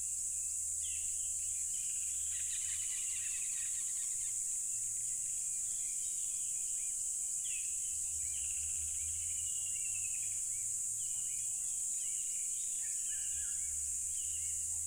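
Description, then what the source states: Cricket: a dense, constant high shrilling of crickets fills the whole recording; occasional quiet bird whistles and chirps come and go. Loud crickets recorded at a tropical river.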